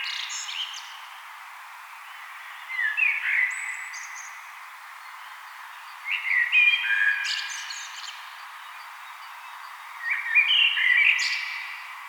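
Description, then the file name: Common blackbird song: several mellow warbled phrases with sharp high twittering tails, spaced by quiet gaps, over background hiss. "Turdus merula"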